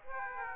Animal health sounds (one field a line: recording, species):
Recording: mosquito wingbeat signal from an infrared sensor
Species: Aedes aegypti